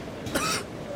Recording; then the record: coughing mixed with background sound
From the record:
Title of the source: 31 night wet cough